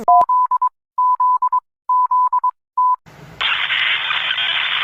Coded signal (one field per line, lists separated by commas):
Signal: Morse code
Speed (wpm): 23 wpm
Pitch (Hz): 1000 Hz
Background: none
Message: Z Z Z T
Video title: Mr incredible becoming uncanny: Eas alarms part 7 (carribean edition]